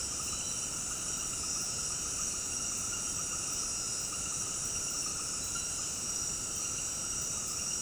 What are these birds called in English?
none